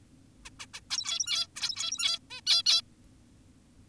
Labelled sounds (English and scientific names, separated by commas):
Zebra Finch (Taeniopygia guttata)